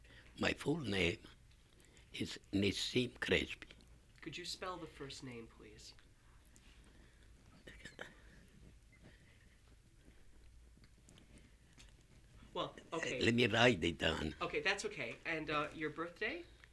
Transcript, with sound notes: My full name is Nissim Crespi.
Could you spell the first name, please?
( he pauses ) Let me write it down.
Okay, that's okay. And your birthday?